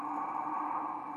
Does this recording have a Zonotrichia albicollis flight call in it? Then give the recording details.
no. No flight call is heard. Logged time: 02:33 on 5 December 2014